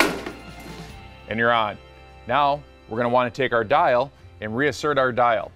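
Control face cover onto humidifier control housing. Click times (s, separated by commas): 0.0 s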